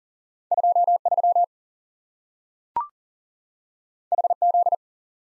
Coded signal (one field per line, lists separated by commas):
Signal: Morse code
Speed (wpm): 40 wpm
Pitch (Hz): 700 Hz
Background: none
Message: 2 3 H Z